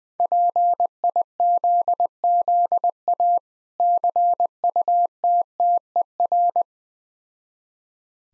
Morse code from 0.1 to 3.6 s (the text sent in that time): PIZZA